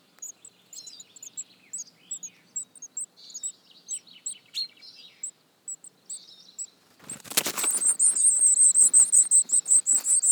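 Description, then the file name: Eurasian blue tit calls: sparse high, thin notes at first, then a loud rustle, followed by a fast, dense chatter of high chirps. "Cyanistes caeruleus"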